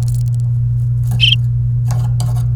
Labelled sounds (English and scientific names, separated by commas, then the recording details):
Domestic Canary (Serinus canaria) song
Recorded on 29 April 2018 at 11:51
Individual llb3